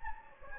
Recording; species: mosquito wingbeat signal from an infrared sensor; Anopheles gambiae